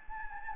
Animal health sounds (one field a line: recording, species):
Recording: mosquito wingbeat signal from an infrared sensor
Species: Anopheles gambiae